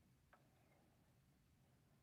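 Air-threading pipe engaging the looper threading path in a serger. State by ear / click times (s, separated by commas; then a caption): not seated / none. On a self-threading serger with the threading lever down, the hand wheel is turned toward the user to bring the air-threading pipe into the looper threading path. A faint, brief tick sounds at about 0.3 s over a steady low background hum. The pipe has not yet snapped into place, and nothing has seated or clicked.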